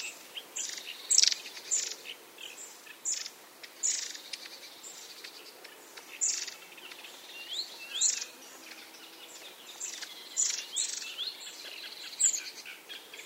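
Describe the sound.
Long-tailed tit calls: many thin, high notes and short buzzy calls repeated close together throughout.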